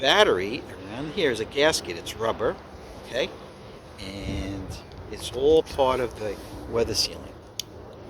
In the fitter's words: It clicks right in, and now this is all weather sealed.